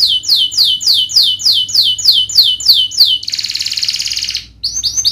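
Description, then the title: Domestic canary delivering a series of repeated falling notes, followed by a harsh buzzy trill and a few short notes. Singing canary described as a lively, prolific singer with the best varied song style and rich fill-in phrases. "Kenari Gacor Cengkok Terbaik Isian Paling Mewah Kenarigacor Kicaumania Kenari"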